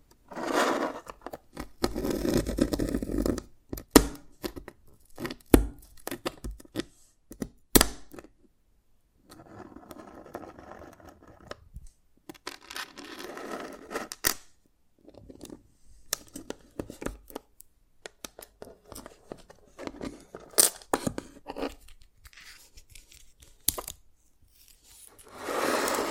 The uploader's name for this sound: Dalgona Candy Challenge Tapping, Cracking Triggers